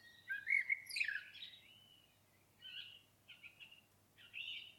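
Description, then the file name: Common blackbird song: a quieter, fluted, warbling phrase, followed by several brief, scratchy, twittered notes. "Turdus merula"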